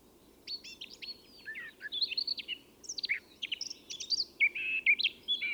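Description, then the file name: Eurasian blackcap warbling, a scratchy, varied chatter of quick high notes, with low background noise. "Sylvia atricapilla"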